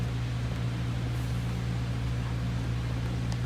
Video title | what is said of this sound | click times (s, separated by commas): JTops Wrangler JL Boot install 540 | then just buffle you hear the snap you buckle the buckle and you | 3.3 s